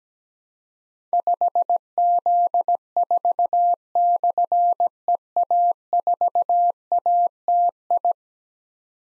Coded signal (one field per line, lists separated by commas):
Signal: Morse code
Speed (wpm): 17 wpm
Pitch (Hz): 700 Hz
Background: none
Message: 5Z4/EA4ATI